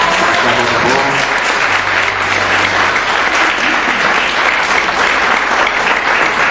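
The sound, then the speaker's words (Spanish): Steady audience applause for teacher Mauricio Poblete, a dense, even wash of many hands clapping at a loud, constant level with no pauses and no voices standing out. “A él, a nuestro querido profesor que ayer vino a saludarnos, don Mauricio Poblete, que también lo recordamos, y aquí un aplauso para él.”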